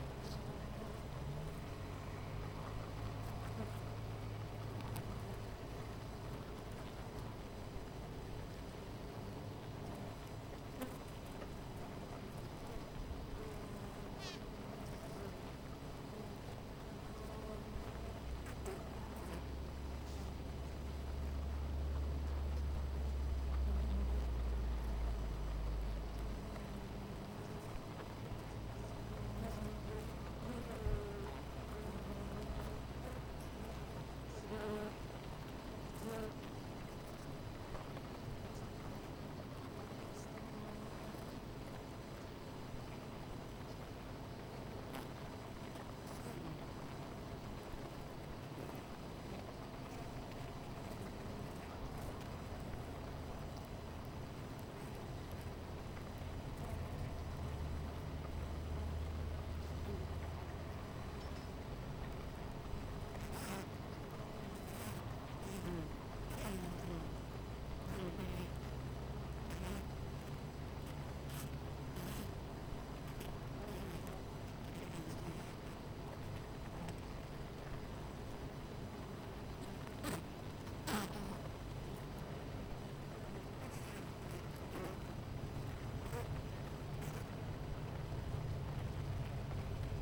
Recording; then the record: honeybee colony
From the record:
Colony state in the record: missing queen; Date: 14 July 2017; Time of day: 9:53